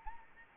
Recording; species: mosquito wingbeat signal from an infrared sensor; Anopheles arabiensis